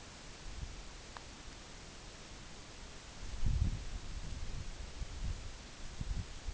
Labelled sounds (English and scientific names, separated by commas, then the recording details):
none
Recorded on Arctic tundra, site NAIT-1, on 24 June 2019
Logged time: 14:00